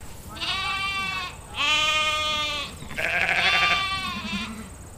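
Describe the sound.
Sheep giving three wavering, nasal bleats, the last two louder.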